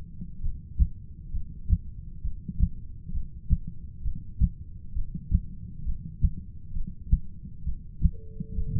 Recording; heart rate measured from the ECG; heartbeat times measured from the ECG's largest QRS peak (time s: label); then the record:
heart sounds by stethoscope; 66 bpm
0.42 s: heartbeat
1.33 s: heartbeat
2.23 s: heartbeat
3.13 s: heartbeat
4.04 s: heartbeat
4.95 s: heartbeat
5.85 s: heartbeat
6.74 s: heartbeat
7.65 s: heartbeat
8.57 s: heartbeat
From the record:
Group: heart failure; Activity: rest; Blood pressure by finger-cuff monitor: 120/83 mmHg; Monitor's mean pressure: 96 mmHg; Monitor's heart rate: 67 bpm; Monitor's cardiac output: 6.8 L/min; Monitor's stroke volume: 103 mL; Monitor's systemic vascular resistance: 1040 dyn s/cm5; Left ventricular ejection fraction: 25%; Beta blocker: metoprolol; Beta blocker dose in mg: 62.5 twice daily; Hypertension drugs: ramipril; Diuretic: furosemide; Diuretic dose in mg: 40 twice daily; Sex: male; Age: 57 years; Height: 180 cm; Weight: 90.5 kg